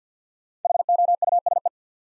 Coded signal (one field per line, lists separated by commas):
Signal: Morse code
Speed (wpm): 53 wpm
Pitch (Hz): 700 Hz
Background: none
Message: HOUSE